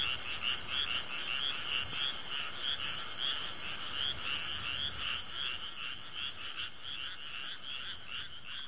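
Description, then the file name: Frog croaking in quick pulsed notes, about three a second, continuing without pause over a low steady rumble. "kaeru"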